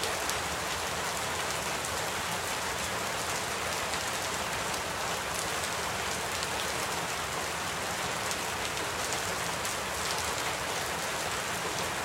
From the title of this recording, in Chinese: 雨声